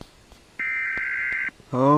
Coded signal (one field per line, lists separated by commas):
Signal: Emergency Alert System (SAME) tones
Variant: header bursts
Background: speech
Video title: EAS Scenario - Nuclear Missile Attack: Remastered